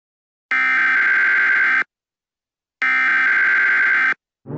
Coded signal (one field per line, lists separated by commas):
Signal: Emergency Alert System (SAME) tones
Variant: header bursts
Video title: The Last Broadcast | WW3 EAS Scenario